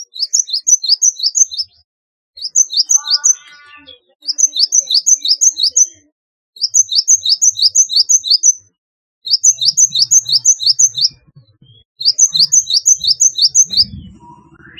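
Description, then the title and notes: Java sparrow song: bursts of several sharp, high chirps, each burst up to about two seconds long, repeated every two to three seconds, with a faint low rumble near the end. "Kicau Burung Gelatik"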